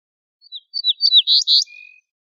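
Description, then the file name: Ortolan bunting phrase, short high chirps building into two broad loud notes and closing with a soft, level lower tone; nothing else audible. "suara kicauan ortolan"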